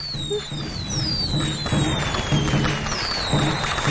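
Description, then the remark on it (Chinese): A fireworks sound effect played for the New Year: a steady wash of crackling bursts and pops, with several high whistles sliding downward in pitch, loud and continuous throughout with no voices. “俾啲烟花我。”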